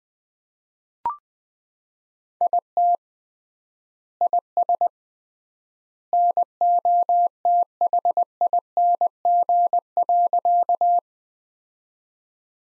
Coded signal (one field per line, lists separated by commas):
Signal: Morse code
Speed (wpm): 20 wpm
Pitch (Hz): 700 Hz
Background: none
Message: IT IS NOTHING.